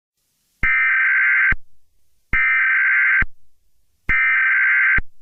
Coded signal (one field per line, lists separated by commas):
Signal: Emergency Alert System (SAME) tones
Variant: header bursts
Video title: EAS Scenario - Jurassic World: Reclamation